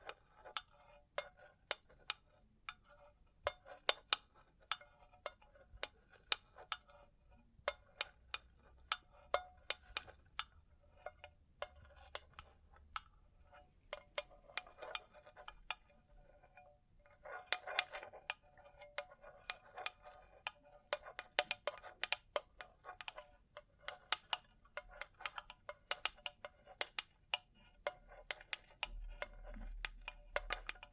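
Bling bling triggers: a steady stream of sharp metallic clicks and taps, dense and irregular, with a busier cluster of clinking around eighteen seconds.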